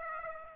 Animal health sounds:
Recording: mosquito wingbeat signal from an infrared sensor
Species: Aedes aegypti

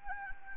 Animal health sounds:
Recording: mosquito wingbeat signal from an infrared sensor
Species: Anopheles gambiae

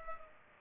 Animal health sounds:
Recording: mosquito wingbeat signal from an infrared sensor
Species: Culex pipiens

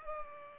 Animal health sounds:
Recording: mosquito wingbeat signal from an infrared sensor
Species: Culex pipiens

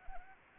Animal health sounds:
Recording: mosquito wingbeat signal from an infrared sensor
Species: Anopheles arabiensis

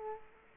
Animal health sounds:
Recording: mosquito wingbeat signal from an infrared sensor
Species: Culex quinquefasciatus

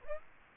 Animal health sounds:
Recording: mosquito wingbeat signal from an infrared sensor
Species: Aedes aegypti

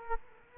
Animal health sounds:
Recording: mosquito wingbeat signal from an infrared sensor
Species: Culex quinquefasciatus

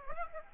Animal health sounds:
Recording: mosquito wingbeat signal from an infrared sensor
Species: Aedes aegypti

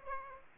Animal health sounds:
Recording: mosquito wingbeat signal from an infrared sensor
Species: Aedes aegypti

